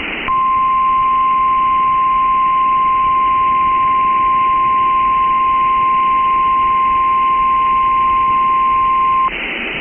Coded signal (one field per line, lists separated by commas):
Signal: Emergency Alert System (SAME) tones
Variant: 1050 Hz attention tone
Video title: Special Marine Warning (12/25/25) [EAS #341]